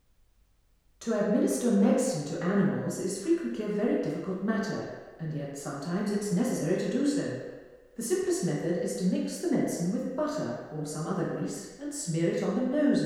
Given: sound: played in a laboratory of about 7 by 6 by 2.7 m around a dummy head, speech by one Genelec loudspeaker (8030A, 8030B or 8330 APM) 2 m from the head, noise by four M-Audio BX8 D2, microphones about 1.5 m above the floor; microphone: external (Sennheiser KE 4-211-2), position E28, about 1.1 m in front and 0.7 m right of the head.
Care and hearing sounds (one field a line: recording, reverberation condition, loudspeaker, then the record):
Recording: female speech in English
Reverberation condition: high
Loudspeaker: 30 degrees to the left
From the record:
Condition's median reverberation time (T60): about 1300 ms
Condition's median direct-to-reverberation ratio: about -4.0 dB